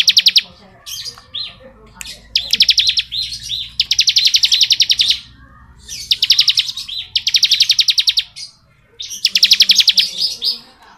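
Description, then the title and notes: Bar-winged prinia song: bursts of rapid, evenly pulsed high buzzy trills, each about a second long, repeated with brief pauses and a few thin chirps between. Song in the ngebren style; recording used as tutor (masteran) audio for training white-rumped shamas (murai batu). "Ciblek Ngebren Untuk Masteran Murai Batu. Suara burung ciblek - Suara Nada"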